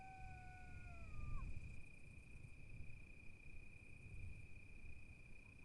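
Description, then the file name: Coyote howling at the start, two held tones that slide downward and break off, over gusting wind and a steady high tone. Several coyotes recorded in fall 2016 amid wind gusts and creaking sounds. "coyotes-2016-medlock-fall-gusts-and-creaks-coyotes"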